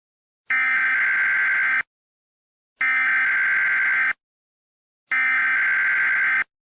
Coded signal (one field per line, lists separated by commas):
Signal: Emergency Alert System (SAME) tones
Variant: header bursts